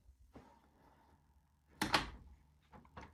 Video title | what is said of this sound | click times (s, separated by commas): Como isolar sua casa de madeira e revestir com painéis de fachada | Fechamos ao ouvir o clique. | 1.8 s